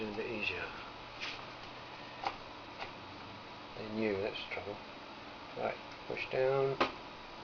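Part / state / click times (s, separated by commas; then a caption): RAM module in a desktop motherboard DIMM slot / not seated / none. A RAM module is handled and pushed down toward a DIMM slot on a tower PC's desktop motherboard while someone talks, with soft scuffing and a brief sharp tick near 2.3 s. The clip ends before the module goes home; nothing has seated or clicked yet.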